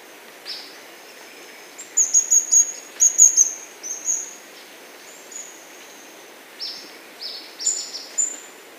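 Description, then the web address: Indigo flowerpiercer giving very high, thin notes in short bursts and quick clusters, some slurred, scattered irregularly throughout. Recorded in Ecuador. "Natures Songs S America Birds of Ecuador Indigo Flowerpiercer"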